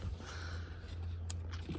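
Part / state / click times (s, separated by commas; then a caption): wiring harness plug into socket behind car interior trim / seated / 1.3 s. While installing a Burmester tweeter and air-vent ambient lighting kit in a Mercedes C200 W205, a plastic wiring-harness plug is pushed into its socket behind the car's interior trim. A single sharp click sounds at 1.3 s over a steady low hum. The connector is seated.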